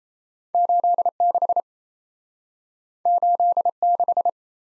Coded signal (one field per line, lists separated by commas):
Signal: Morse code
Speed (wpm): 36 wpm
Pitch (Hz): 700 Hz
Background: none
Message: 86 86